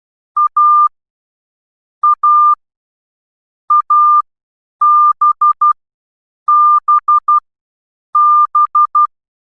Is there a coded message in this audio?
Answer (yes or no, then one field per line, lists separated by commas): yes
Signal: Morse code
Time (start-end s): 0.4-9.1 s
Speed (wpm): 12 wpm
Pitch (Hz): 1200 Hz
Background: none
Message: A A A B B B